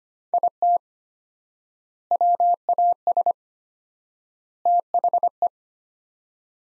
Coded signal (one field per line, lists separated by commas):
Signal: Morse code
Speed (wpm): 25 wpm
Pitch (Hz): 700 Hz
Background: none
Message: IT WAS THE